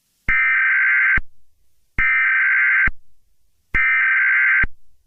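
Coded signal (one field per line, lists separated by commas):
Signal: Emergency Alert System (SAME) tones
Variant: header bursts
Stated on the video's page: Fan-made fictional EAS scenario, not a real alert.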